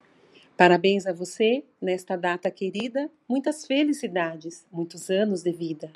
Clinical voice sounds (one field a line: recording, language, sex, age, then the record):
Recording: short text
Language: Brazilian Portuguese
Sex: female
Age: 50 to 59 years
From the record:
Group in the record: control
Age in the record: 54 years